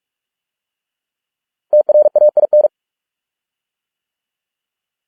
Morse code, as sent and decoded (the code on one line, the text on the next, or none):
- .-. .- .. -.
TRAIN